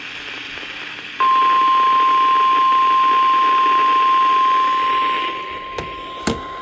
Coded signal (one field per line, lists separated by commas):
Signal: Emergency Alert System (SAME) tones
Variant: 1050 Hz attention tone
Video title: Being Sick is always nice. (Not really.) | EAS Alerts from 6/17-19/25 | EAS#2,169-2,202